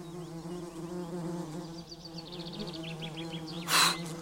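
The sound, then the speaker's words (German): A steady, droning buzz of wasps going at leftover fig bread on a table hums continuously, with faint chirping birds above it and a brief louder rustle near the end. “Die Wespen stürzen sich auf die Reste des Feigenbrots.”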